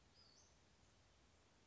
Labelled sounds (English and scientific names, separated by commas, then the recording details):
Western Flycatcher (Empidonax difficilis)
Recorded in Sonoma County, California